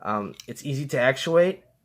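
An Eafengrow EF55 folding tanto knife is handled, with its blade being opened against the steel liner lock. Someone talks throughout. The clip ends before the lock engages, so nothing has seated or clicked yet.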